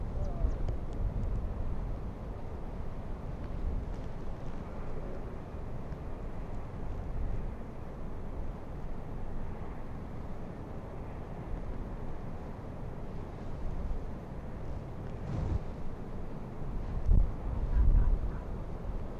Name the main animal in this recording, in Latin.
Vulpes lagopus